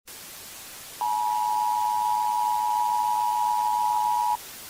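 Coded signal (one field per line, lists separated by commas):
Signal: Emergency Alert System (SAME) tones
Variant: 853 and 960 Hz attention tone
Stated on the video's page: Simulated EAS scenario of a volcanic eruption, not a real alert.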